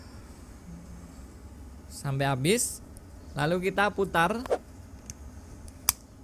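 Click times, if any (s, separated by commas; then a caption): 5.9 s. The rotating base of a Spiriva Respimat soft-mist inhaler is turned for a dose while someone talks, and a faint tick comes just before a single sharp, loud click. The base clicks into place at 5.9 s.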